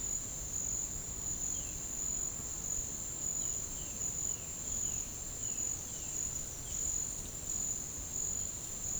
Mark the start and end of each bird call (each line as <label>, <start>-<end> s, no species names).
bird call, 1.52-1.80 s
bird call, 3.35-6.27 s